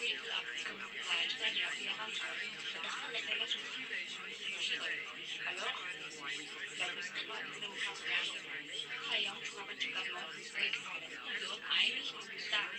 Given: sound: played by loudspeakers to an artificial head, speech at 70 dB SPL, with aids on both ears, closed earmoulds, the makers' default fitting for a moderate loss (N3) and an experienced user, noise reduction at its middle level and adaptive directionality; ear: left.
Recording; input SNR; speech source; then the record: speech test signal (ISTS) in cocktail-party noise; -6 dB; on the right (90 degrees)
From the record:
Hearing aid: class 1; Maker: I